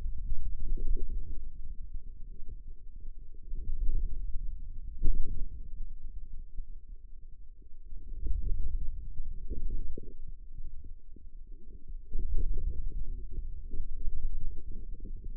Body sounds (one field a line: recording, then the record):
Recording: forearm muscle sounds (acoustic myography)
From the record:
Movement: radial deviation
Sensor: system 2, bracelet of six BSWA MPA416 microphones around the upper forearm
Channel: 6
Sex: female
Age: 21 years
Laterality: right